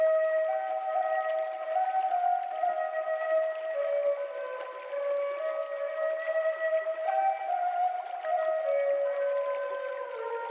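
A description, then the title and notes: Several flutes hold long, overlapping mid-pitched notes that shift slowly, over a steady, fine hiss of gently running water with no low rumble. Feel the calm of the flutes playing over a gentle running stream. Flutes Over a Gentle Running Stream.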